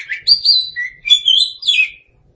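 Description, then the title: Oriental magpie-robin song phrase: a handful of clear, sweet whistled notes, some rising and some falling, delivered in quick succession. "Suara Kicauan Burung Kacer"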